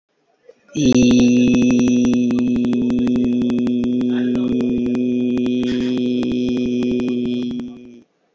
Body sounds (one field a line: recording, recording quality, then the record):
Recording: sustained vowel as in beet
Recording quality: moderate, slight background noise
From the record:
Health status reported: healthy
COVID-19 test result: negative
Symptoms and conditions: cough, diarrhoea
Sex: male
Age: 39 years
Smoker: not ticked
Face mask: not worn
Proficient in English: yes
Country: India